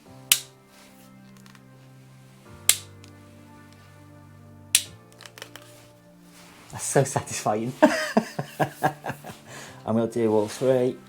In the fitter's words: You'll hear this click.